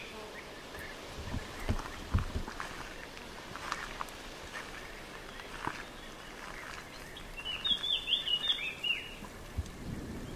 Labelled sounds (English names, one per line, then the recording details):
Eurasian Blackcap song
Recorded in the wild
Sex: male
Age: adult
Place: Tiuccia, Corsica, FR
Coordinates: 42.0844, 8.75111
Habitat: macchia
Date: 2011-07-18 13:57
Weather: sunny, 30°C, light to moderate westerly winds
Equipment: Fostex FR2-LE, Sennheiser ME66, Popschutz
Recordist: Frommolt, Karl-Heinz